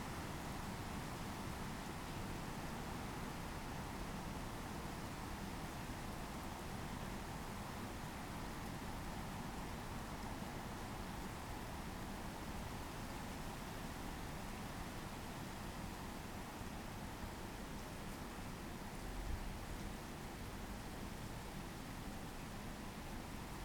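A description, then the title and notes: Rain falls in a steady, dense wash of hiss that covers everything from a deep low rumble up to bright top end, holding an even level throughout. Nothing changes in its pace, apart from one brief low thump near the nineteen-second mark. Rain and Distant Train in Bunnadoon, New South Wales, Australia. It's night time in the tiny village of Bunnadoon, nestled in the hills of the Southern Highlands. The rain has come, and in the far distance the haunting sound of a freight train.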